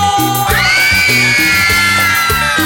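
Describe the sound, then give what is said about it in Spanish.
A crowd of girls lets out a long, sustained high-pitched scream that starts about half a second in and holds over a loud, steady thumping dance beat. “¿Y dónde están las chicas? ¡A ver ese grito!”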